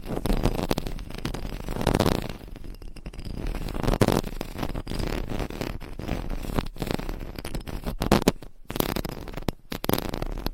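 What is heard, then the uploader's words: Scratching and rubbing on a binaural microphone fill the recording, a dense, rough, crackling texture that rises and falls in waves. Louder sweeps come around 2, 4 and 8 seconds, with brief near-silent gaps near 8.5 and 9.6 seconds. No Talking for Sleep with Long Nails.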